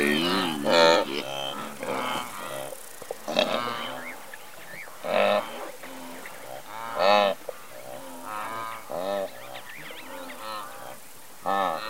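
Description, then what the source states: Blue wildebeest contact calls: several nasal, moaning grunts rich in harmonics, given at irregular intervals. A couple of wildebeest recorded in Serengeti National Park during the migration; grunting, moaning contact call that helps big herds keep cohesion and contact.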